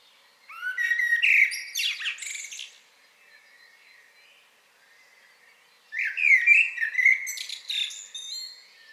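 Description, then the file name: Common blackbird song: two phrases separated by near silence, each a low fluty warble rising into a rapid, squeaky high twitter. "Turdus merula"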